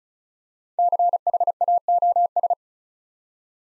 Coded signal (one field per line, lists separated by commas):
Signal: Morse code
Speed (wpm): 36 wpm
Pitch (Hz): 700 Hz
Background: none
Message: CHAOS